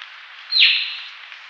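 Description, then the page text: Sri Lanka myna uttering one short, grating downslurred call with a rough fading end, steady hiss behind it. "Sri Lanka Myna Calls Sound Effect. Quick Sounds"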